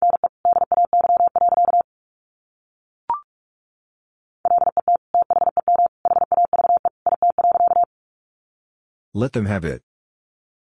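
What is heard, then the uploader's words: A Morse code message is tapped out as a steady mid-pitched tone, cut into quick dots and dashes in three bursts across the first eight seconds. A short click sounds near three seconds, and a brief rough, warbling noise ends it around nine seconds. Sentences from Top 300 Words 45wpm. First, the words are sent in Morse code.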